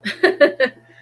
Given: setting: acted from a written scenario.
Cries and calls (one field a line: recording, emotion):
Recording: vocal sound without words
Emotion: amusement